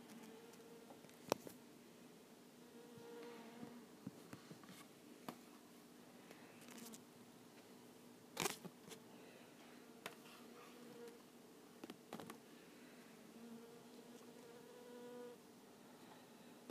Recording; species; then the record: mosquito flight sound by mobile phone; Culiseta incidens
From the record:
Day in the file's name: 2